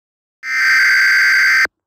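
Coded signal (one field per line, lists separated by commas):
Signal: Emergency Alert System (SAME) tones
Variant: header bursts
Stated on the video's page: Fictional EAS about a killer named Dennis.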